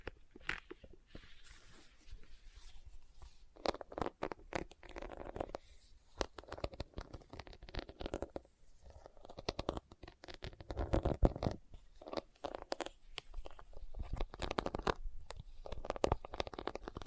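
Tapping and scratching on leather go on without pause, built from dense clusters of short dry taps and rubbing strokes. The pace shifts from busy flurries to brief quieter gaps, with the louder, fuller bursts around the middle and a soft low rumble underneath.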